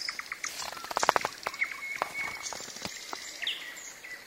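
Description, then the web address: Common nightingale song, a burst of rapid repeated clicks followed by a long pure whistled note and sharp chirps, with soft background hiss. Singing in the evening, with thunder. "sounds of nature eveningthunderousnightingale singing"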